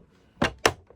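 A plastic toy piece is pushed into a Playmobil Enterprise starship model. A broadband snap comes around 0.4 s, then the main sharp click at 0.7 s as the piece seats, followed by a faint tap near 0.9 s. The piece clicks in and is seated.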